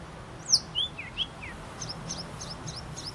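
Bird calls: a few sharp downslurred chips, then faint high notes repeated softly over a light background hiss.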